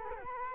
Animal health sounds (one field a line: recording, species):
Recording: mosquito wingbeat signal from an infrared sensor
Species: Culex quinquefasciatus